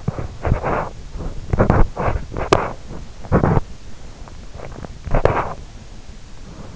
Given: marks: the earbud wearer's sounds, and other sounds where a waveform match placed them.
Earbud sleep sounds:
sounds in sleep by an in-ear microphone; teeth grinding, swallowing
0.00-5.88 s: teeth grinding
4.19-5.04 s: swallowing

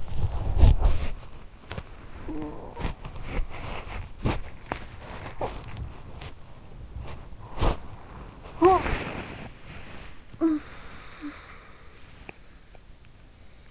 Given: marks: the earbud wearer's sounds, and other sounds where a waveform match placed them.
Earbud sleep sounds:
sounds in sleep by an in-ear microphone; body movement, talking in sleep, teeth grinding
0.00-13.71 s: body movement
1.87-3.41 s: sound from someone else or the room
5.28-5.68 s: talking in sleep
6.49-8.43 s: sound from someone else or the room
8.45-9.71 s: talking in sleep
10.30-12.15 s: talking in sleep
12.15-12.46 s: teeth grinding

